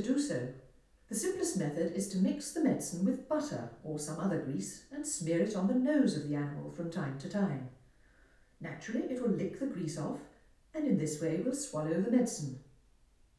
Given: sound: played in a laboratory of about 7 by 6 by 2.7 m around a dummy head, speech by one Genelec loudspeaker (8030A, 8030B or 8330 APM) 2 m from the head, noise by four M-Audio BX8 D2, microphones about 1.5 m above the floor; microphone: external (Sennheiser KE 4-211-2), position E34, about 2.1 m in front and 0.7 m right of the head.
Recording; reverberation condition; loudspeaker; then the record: female speech in English; medium; 120 degrees to the right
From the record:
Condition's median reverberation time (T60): about 510 ms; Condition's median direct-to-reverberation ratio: about -0.5 dB